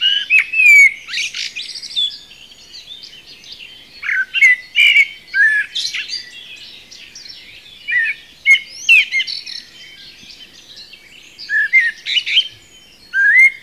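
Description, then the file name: Common blackbird singing: fluty warbled phrases mixed with high squeaky twitters, in bursts every few seconds with brief pauses between. "Turdus merula"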